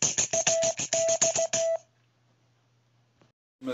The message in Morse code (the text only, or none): AX